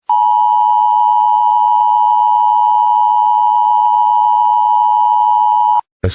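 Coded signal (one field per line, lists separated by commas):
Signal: Emergency Alert System (SAME) tones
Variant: 853 and 960 Hz attention tone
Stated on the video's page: Simulated alert scenario made for entertainment and pranks.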